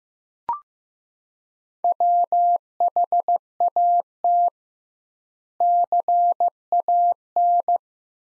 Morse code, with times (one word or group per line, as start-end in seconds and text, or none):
1.8-4.5 WHAT
5.6-7.8 CAN